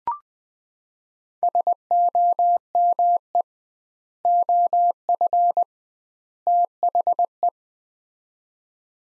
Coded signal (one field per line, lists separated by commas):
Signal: Morse code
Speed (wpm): 21 wpm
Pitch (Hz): 700 Hz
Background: none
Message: SOME OF THE